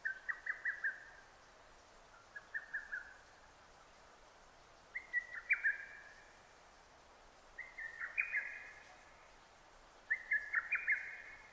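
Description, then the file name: Lesser cuckoo song, rapid staccato whistled phrases repeated roughly every two and a half seconds, over soft hiss. Recorded 6 June 2009. "hototogisu 20090606"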